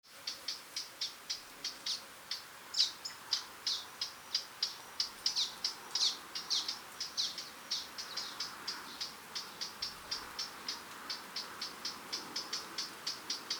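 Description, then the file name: Eurasian blackcap producing a long, insistent series of clicking tack notes, a few louder ones standing out, repeated several times a second. "Sylvia atricapilla"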